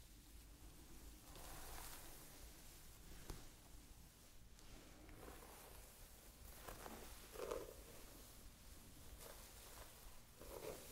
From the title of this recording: ASMR Playing with Your Hair